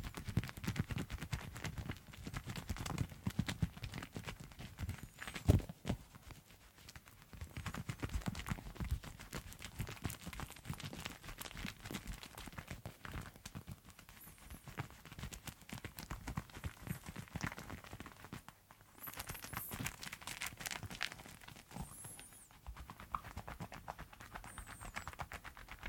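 Hands rub together through a lather during hand washing, making dense, wet squelching and crackling sounds in quick irregular strokes. The rubbing stays busy throughout, with a brief pause near five seconds and a few brighter, hissing bursts of foam around nineteen to twenty-two seconds.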